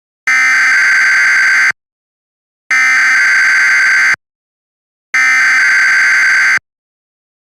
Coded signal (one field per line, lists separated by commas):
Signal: Emergency Alert System (SAME) tones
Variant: header bursts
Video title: EAS Mock of Nuclear Power Plant Warning for Fredericksburg area - @jcraver98 (Read Description)